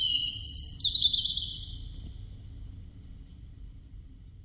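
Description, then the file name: European robin song phrase: high, thin whistled notes sliding downward, then a rapid warbled trill, over a low background rumble. "Erithacus rubecula"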